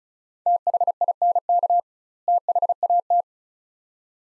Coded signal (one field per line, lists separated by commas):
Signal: Morse code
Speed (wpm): 34 wpm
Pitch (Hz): 700 Hz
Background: none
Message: THINK THAT